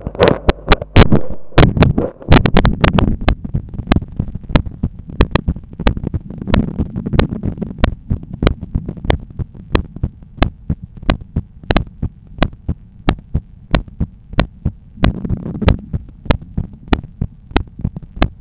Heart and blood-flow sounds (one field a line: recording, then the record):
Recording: heart sounds by stethoscope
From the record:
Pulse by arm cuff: 92 bpm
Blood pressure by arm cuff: 122/80 mmHg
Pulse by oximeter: 93 bpm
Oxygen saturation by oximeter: 96%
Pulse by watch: 93 bpm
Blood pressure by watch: 126/82 mmHg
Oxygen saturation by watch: 97%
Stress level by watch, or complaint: low stress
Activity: 30 min no smoking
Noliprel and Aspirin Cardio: after pills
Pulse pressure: 42 mmHg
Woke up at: 7:30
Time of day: 20:20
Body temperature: 36.3 C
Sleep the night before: 8 h 32 min, score 78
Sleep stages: REM 32%, light 50%, deep 12%, awake 6%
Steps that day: 9500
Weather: clear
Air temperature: 21.5 C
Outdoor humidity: 65%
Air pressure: 1014 hPa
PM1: 11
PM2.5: 14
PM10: 21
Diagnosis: hypertension, treated with Noliprel and Aspirin Cardio 100 mg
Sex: male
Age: 53 years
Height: 174 cm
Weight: 81 kg